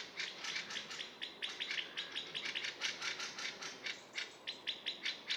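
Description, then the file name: Common blackbird giving a rapid, steady series of sharp clicking chinks, sustained throughout with little pause. "Turdus merula"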